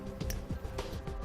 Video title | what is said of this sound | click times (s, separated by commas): Installation: EZ Connector Magnetic 7-Way Trailer Connectors w/ Watertight Seal on a 2012 Ram 1500 | you want to make sure you listen for a click and then | 0.3 s